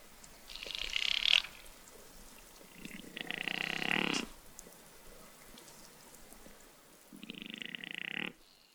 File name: Gamswild Meckern